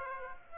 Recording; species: mosquito wingbeat signal from an infrared sensor; Aedes aegypti